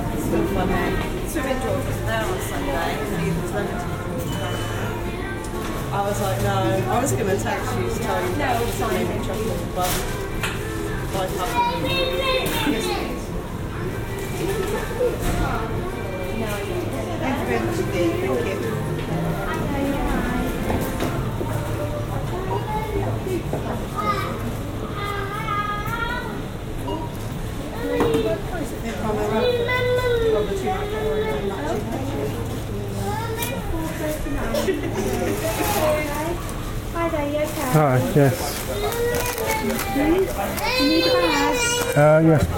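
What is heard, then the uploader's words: Outdoors in a business park at lunchtime, many voices chatter continuously, with a steady low hum beneath and occasional louder exclamations. A lunchtime walk through a business park in Leamington Spa, UK. This is my first time recording a binaural soundscape using the Sennheiser Ambeo Smart Headset .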